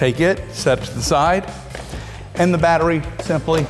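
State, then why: Not seated. A battery pack is being handled and set down toward its bay on a compact floor scrubber while someone talks throughout. The pack has not yet clicked or locked into the machine, and nothing has seated by the end of the clip.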